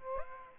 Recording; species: mosquito wingbeat signal from an infrared sensor; Aedes aegypti